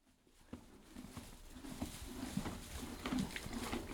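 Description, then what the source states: Horses eating hay: quiet rhythmic munching and crackling that grows slightly louder after a near-silent start, with light rustles throughout. Canadian horses eating hay, recorded from far as ambience.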